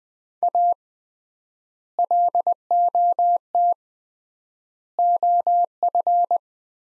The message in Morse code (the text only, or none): A LOT OF